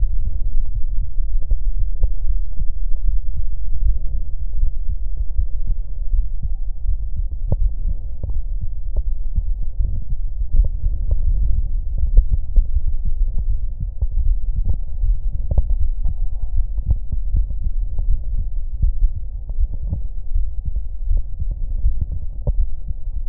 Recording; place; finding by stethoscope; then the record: heart sounds by stethoscope; aortic valve (AV); normal heart sounds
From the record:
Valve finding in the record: sclerotic aortic valve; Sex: male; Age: 53 years